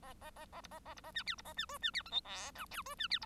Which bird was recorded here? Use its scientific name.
Lonchura striata domestica